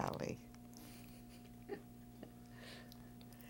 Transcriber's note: chuckles